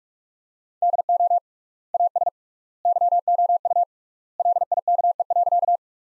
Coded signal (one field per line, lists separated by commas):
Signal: Morse code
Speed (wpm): 44 wpm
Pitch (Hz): 700 Hz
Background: none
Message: DO AS YOU LIKE.